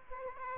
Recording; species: mosquito wingbeat signal from an infrared sensor; Aedes aegypti